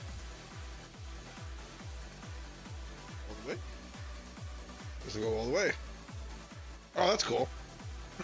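A plastic part from an RG Evangelion Unit 02 model kit is handled at its slotted mount, meant to slide through side slots and rotate until it locks in place. A steady electronic beat plays throughout while someone talks. Nothing has seated or clicked yet.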